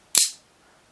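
The firing button on a single-action automatic knife is pressed, and its double-edged ATS 34 steel blade springs out and locks open in its handle with one sharp, bright snap at 0.2 s. The snap fades within a couple of tenths of a second, then only faint background remains. The blade is seated and locked in the open position.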